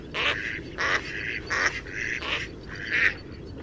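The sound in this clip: Mallard: duck giving several buzzy two-part calls, each a harsh note running into a steadier tone.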